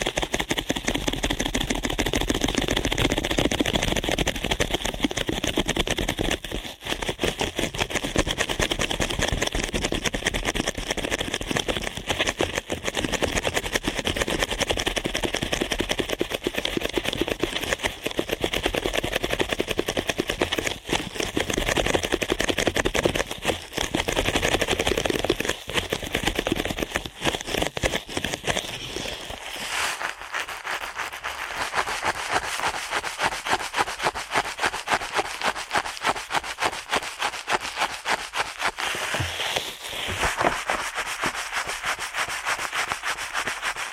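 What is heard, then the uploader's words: Dense scratching and rubbing of ear cleaning runs fast and steady, turning thinner and brighter after thirty seconds with a brief swish near forty. ASMR Ear Cleaning at Helicopter Speed.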